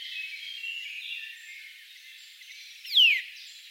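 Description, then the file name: Eurasian nuthatch call, one clear downslurred whistle near the end after a stretch of soft background hiss. "Sitta europaea"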